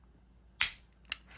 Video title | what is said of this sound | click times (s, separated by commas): The Smooth Precision Pens Bolt Action Pen V2: The Full Nick Shabazz Review | when it clicks that is the intended behavior that means I have put the proper amount of torque | 0.6 s, 1.1 s